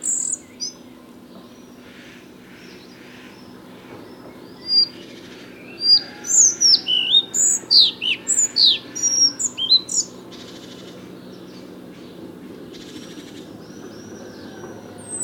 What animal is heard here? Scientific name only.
Ficedula albicollis